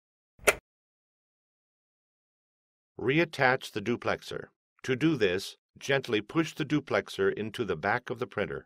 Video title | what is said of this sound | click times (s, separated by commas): Uw printer herstellen als deze geen papier oppakt - HP Officejet Pro 8600 e-All-in-One-printer | close the duplexer until the tabs on both sides of the duplexer snap into place | 0.5 s